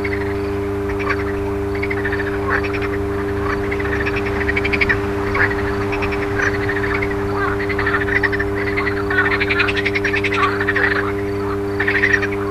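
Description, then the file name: Frogs croak in rattling pulses, sparse at first then denser later, accompanied by a steady low electrical hum. Frogs recorded alongside an electrical transformer's hum. "grenouilles et transformateur"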